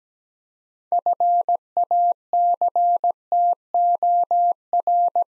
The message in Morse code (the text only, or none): FACTOR